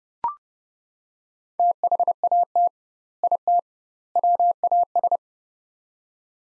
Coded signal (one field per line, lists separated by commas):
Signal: Morse code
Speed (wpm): 32 wpm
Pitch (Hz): 700 Hz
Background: none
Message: THAT IT WAS